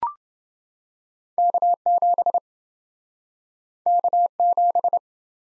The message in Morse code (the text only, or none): K7 K7